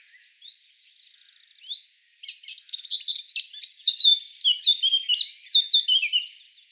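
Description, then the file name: Eurasian blackcap song: soft, scratchy twittering at first, then after a short pause a loud, rich warble of rapid chirps and clear fluty notes. "Sylvia atricapilla"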